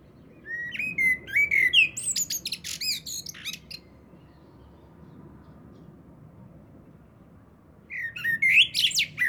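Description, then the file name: Common blackbird singing a liquid warbling phrase with a high twittered ending. After a gap, a second phrase starts over a faint background hiss. "Turdus merula"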